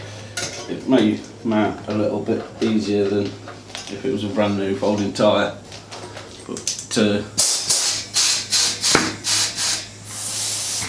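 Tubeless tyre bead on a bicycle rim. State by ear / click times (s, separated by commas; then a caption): not seated / none. Someone talks while a used tubeless tyre is fitted to a bicycle rim and aired up, with spray and rubbing sounds and hissy bursts in the last few seconds. The tyre bead is not fully seated on the rim all the way around, and nothing has seated or clicked yet.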